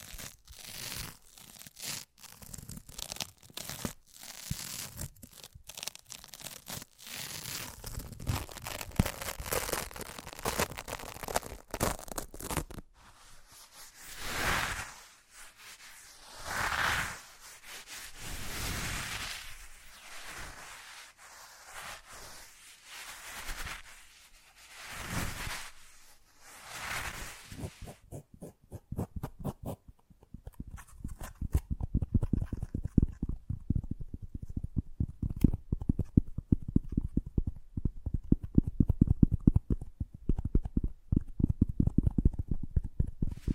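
ASMR triggers change quickly: dense crinkly scratching, then slow swelling rubs around 13–28 seconds, then rapid low tapping to the end.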